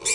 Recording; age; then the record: pig call; weaner (32 to 43 days)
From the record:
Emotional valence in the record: negative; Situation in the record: short isolation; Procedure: open field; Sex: female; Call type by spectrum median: high-frequency call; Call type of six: high-frequency stable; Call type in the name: high-frequency stable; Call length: 0.15 s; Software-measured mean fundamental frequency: 489 Hz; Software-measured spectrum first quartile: 3061 Hz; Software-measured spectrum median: 6206 Hz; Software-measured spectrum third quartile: 8250 Hz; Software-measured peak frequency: 2374 Hz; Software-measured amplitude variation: 158 dB a second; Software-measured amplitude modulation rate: 13.4 a second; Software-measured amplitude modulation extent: 11.8 dB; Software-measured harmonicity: 2.2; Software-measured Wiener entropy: -1.98